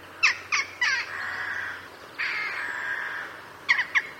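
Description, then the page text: Western jackdaw calls: short, sharp 'chak' notes in a quick trio, then two longer harsh rasping sounds, and two more clipped notes at the end. Calls, recorded in Burgundy, France. "Corvidés, étourneau, loriot – Chants d'oiseaux en Bourgogne"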